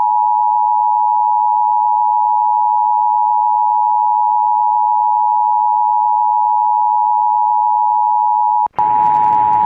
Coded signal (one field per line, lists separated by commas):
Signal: Emergency Alert System (SAME) tones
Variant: 853 and 960 Hz attention tone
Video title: National Periodic Test 2021 EAS